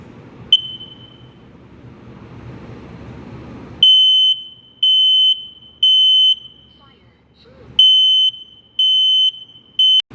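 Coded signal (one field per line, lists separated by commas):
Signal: alarm pattern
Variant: home smoke alarm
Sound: talking, then a shrill high beep sounding three times, pause, three times again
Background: speech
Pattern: temporal three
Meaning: Smoke or fire has been detected; get out and call 911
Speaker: when you hear those three beeps, beep, beep, beep, it means smoke or fire has been detected and you need to get out and call 911.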